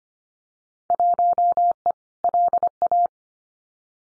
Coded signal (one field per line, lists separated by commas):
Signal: Morse code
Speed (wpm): 25 wpm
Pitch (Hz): 700 Hz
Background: none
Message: 1E LA